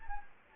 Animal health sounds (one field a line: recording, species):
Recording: mosquito wingbeat signal from an infrared sensor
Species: Anopheles gambiae